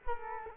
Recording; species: mosquito wingbeat signal from an infrared sensor; Culex quinquefasciatus